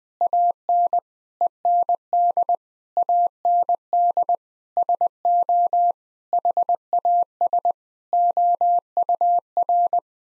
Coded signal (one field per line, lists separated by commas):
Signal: Morse code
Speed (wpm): 20 wpm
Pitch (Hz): 700 Hz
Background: none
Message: AN END AND SO HAS OUR